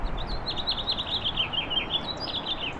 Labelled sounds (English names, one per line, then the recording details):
House Finch song
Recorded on Long Island, New York, on 15 April 2011
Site HE
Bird A